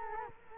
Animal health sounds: mosquito wingbeat signal from an infrared sensor; Culex quinquefasciatus

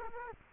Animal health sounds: mosquito wingbeat signal from an infrared sensor; Culex quinquefasciatus

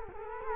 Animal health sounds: mosquito wingbeat signal from an infrared sensor; Culex quinquefasciatus

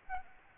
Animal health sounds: mosquito wingbeat signal from an infrared sensor; Anopheles arabiensis

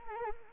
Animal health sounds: mosquito wingbeat signal from an infrared sensor; Anopheles arabiensis

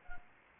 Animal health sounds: mosquito wingbeat signal from an infrared sensor; Anopheles arabiensis

